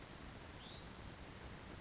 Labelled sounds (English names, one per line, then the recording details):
Hutton's Vireo
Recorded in Sonoma County, California